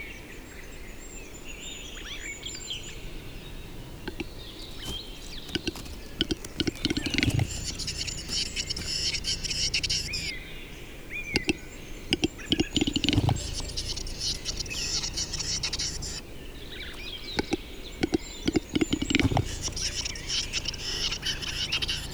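A displaying capercaillie cock clicks and pops in quick bursts around seconds 7, 13 and 19, over steady high birdsong and low rumble.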